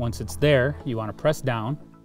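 The plastic rear piece of a phone mount is being pressed down into the dashboard louver area of a 2021-2022 Ford Bronco while someone talks over faint background music. Nothing has seated or snapped into place yet.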